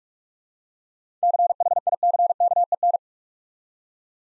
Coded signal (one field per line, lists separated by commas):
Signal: Morse code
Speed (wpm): 44 wpm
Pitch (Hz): 700 Hz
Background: none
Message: CHICKEN